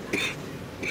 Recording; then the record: coughing mixed with background sound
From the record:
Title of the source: 64 coughing, allergies, singing lungs